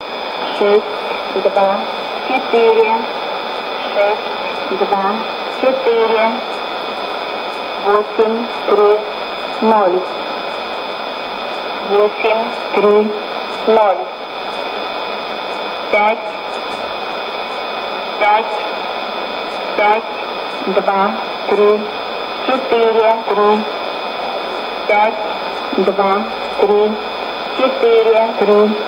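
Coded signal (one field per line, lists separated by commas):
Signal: numbers station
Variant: S06s, Russian female voice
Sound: woman's voice reading short numbers in evenly spaced groups over a hissy radio channel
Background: radio static, steady carrier tones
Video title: 16 06 2016 Number station S06s Russian Lady to Eu 0914 on 7161 unknown tx site CUSB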